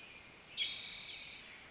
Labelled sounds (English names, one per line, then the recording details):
Spotted Towhee
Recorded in Sonoma County, California